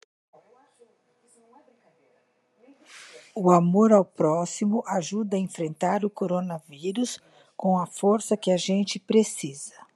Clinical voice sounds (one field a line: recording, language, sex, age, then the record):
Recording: spoken sentence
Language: Brazilian Portuguese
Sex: female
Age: 60 to 69 years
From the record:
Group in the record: control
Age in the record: 68 years